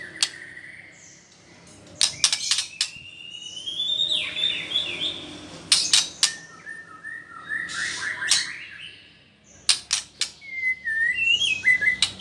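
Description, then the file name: White-rumped shama song of varied whistles, some rising, some warbled and broken, between bursts of sharp, dry clicking notes and short pauses. Female bird. "murai batu betina"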